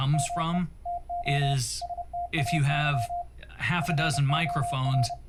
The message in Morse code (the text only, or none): ME TO STAY FOR